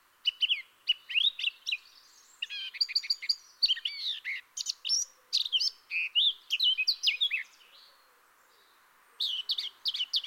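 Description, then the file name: Eurasian blackcap singing: busy twittering phrases with sharp clicks and short whistles, a short silence, then the warbling starts again. "Sylvia atricapilla"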